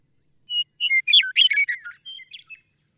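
Bird singing a rapid, varied phrase of high chirps and short trills, rising and falling, then trailing off into a few softer notes.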